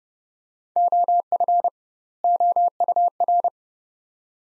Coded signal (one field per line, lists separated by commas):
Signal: Morse code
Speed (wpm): 29 wpm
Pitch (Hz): 700 Hz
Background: none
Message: OF OUR